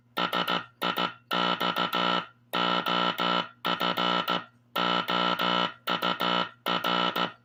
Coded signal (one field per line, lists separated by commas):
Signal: Morse code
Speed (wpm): 15 wpm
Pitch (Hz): 1320 Hz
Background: music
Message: SIX OF OUR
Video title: Morse Code Breaker - Teleplex Machine And Oscillator Sound.